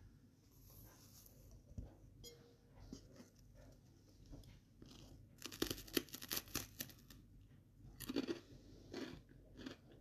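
Crunchy sandwich eating, with bursts of crisp crackling around six and eight seconds, scattered clicks, and a low steady rumble underneath.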